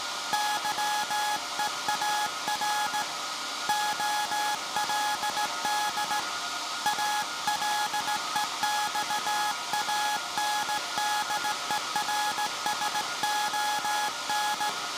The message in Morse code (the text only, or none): YEAR OLD ALEXANDERSON